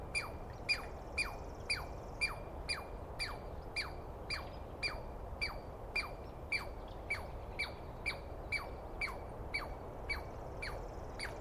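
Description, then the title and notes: Douglas squirrel repeating grating, downward-slurred barks at a slightly uneven pace, close to two per second, against low background noise. Single squirrel screaming at length at dawn, morning of 21 April 2017, East Cascades; recordist startled awake by it; identity judged by its sound, animal only poorly seen. "On the morning of 21 April, 2017, I set up my microphones and recorder for a nice dawn recording in the East Cascades. I was started awake by a screaming Douglas Pine Squirrel."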